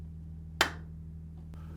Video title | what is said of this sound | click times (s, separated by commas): How to replace the Control Panel part # W11218057 on your Whirlpool Maytag Amana Dryer | and rotate the switch a quarter turn until the Locking tab snaps into place | 0.6 s